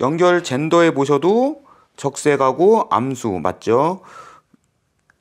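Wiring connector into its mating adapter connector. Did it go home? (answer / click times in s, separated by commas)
yes / 5.1 s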